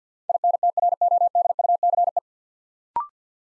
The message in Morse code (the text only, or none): INTRODUCE